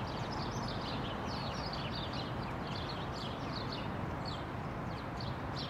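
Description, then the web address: Birds give rapid, overlapping high chirps throughout, set against a constant low mechanical rumble from construction equipment. Birds outdoors mixed with construction machinery. "Lynne Music Birds-Construction-Machine"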